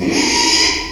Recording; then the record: squeal of a Yucatan mini pig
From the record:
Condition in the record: after surgery on the right vocal fold (resection and tissue-engineered implant); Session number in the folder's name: 2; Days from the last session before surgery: 13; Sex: male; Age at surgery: 12 weeks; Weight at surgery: 13 kg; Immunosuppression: cyclosporine, prednisolone